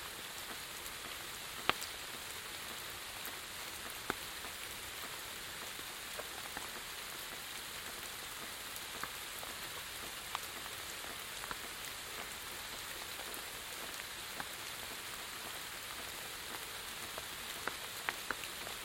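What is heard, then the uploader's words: Light rain falls steadily, a soft even hiss with scattered sharper drops tapping out irregularly, a few louder ones near 2, 4 and 18 seconds. The patter stays constant throughout, bright and airy with little low rumble. A light and percussive rain, endless trees, huddled under the overhang of a middle-of-nowhere tiny stone church. In Situ Season 1 episodes are 5 minutes of ambient sound recorded along del Norte, the northern coastal route of the Camino de Santiago network of pilgrimage paths converging in Spain. These tiny meditations are made with binaural microphones.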